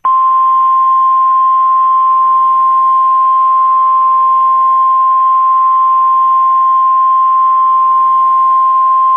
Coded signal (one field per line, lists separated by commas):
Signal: Emergency Alert System (SAME) tones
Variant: 1050 Hz attention tone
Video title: EAS Tornado Warning Joliet Illinois